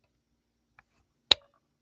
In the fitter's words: push it in until you hear it click